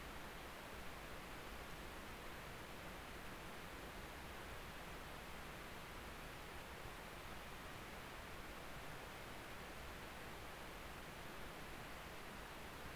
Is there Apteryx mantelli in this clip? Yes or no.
no